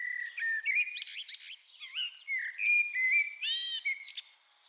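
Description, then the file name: Common blackbird singing a continuous run of fluty whistled notes around the low-middle range, mixed with squeaky higher twitters, fading near the end. "Turdus merula"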